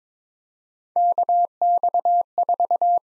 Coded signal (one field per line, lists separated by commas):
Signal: Morse code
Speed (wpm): 22 wpm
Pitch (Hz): 700 Hz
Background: none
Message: KX4